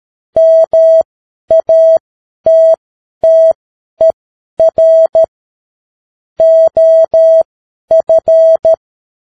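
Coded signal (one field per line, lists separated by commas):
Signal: Morse code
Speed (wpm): 13 wpm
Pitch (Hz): 650 Hz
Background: none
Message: MATTER OF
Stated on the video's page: Morse practice at 10 wpm.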